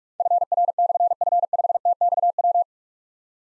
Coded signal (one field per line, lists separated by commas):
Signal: Morse code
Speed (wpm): 44 wpm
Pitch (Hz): 700 Hz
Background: none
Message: FR/F5TXW